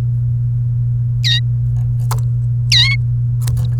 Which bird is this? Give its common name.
Domestic Canary